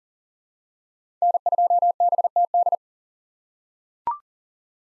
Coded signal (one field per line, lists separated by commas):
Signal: Morse code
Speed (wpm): 40 wpm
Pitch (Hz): 700 Hz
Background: none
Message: N2BTD